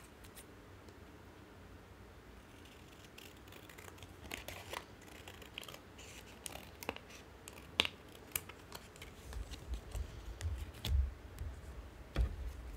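Playing cards are shuffled and cut. It opens nearly silent with a faint low hum, then sharp papery snaps and clicks start around three seconds and grow more frequent. After nine seconds come denser riffling bursts and a few dull thumps near eleven and twelve seconds.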